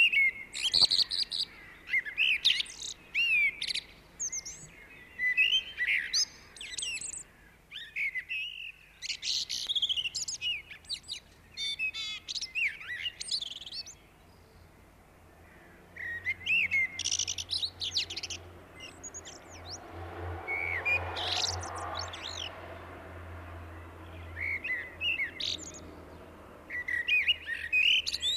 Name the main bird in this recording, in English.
Common Blackbird